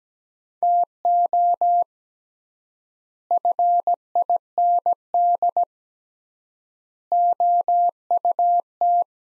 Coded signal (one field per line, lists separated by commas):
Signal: Morse code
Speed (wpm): 17 wpm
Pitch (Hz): 700 Hz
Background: none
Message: TO FIND OUT